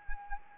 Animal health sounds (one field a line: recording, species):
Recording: mosquito wingbeat signal from an infrared sensor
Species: Anopheles arabiensis